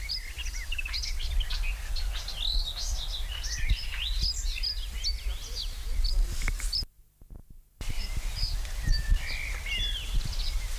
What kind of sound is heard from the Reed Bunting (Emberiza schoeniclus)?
song